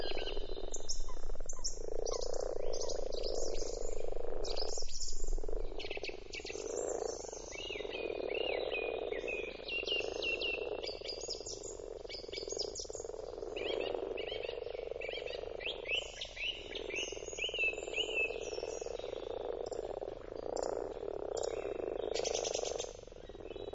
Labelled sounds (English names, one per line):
Common Frog call